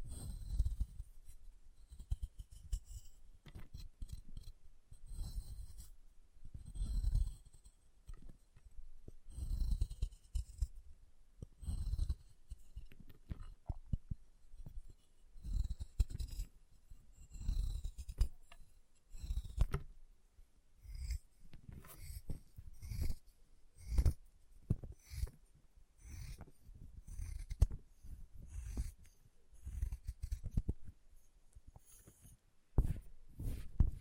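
Chalk being carved and cut, heard as a steady run of scraping strokes and short crisp clicks. Low rasping scrapes repeat every second or so, with sharp bright ticks scattered throughout and a few snaps near the end.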